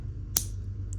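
A plastic model locomotive part, lined up by its tab, is pressed into its chassis over a steady low hum. A sharp click at 0.4 s shows it snapping into place and seating, followed by a faint tick at about 0.9 s.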